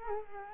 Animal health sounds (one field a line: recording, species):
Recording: mosquito wingbeat signal from an infrared sensor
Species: Culex quinquefasciatus